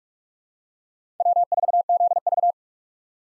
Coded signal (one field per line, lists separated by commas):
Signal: Morse code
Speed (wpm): 47 wpm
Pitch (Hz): 700 Hz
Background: none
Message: W4ZV